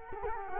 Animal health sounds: mosquito wingbeat signal from an infrared sensor; Culex quinquefasciatus

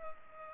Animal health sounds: mosquito wingbeat signal from an infrared sensor; Culex pipiens

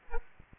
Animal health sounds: mosquito wingbeat signal from an infrared sensor; Aedes aegypti

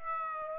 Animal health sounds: mosquito wingbeat signal from an infrared sensor; Aedes aegypti

